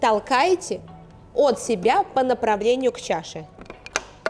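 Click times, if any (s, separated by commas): 4.0 s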